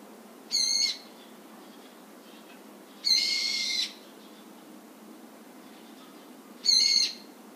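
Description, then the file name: Brown-eared bulbul giving three harsh, shrill screeching calls, the middle one drawn out longer, spaced a few seconds apart over a quiet background. "hiyo"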